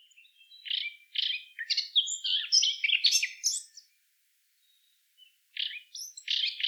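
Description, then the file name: Eurasian blackcap song: an extended, rich warbling phrase of mixed scratchy and whistled notes, a brief silence, then a new phrase starting. "Sylvia atricapilla"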